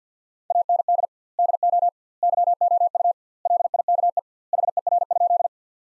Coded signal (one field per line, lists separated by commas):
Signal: Morse code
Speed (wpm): 50 wpm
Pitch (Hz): 700 Hz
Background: none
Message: AND DO YOU LIKE HER?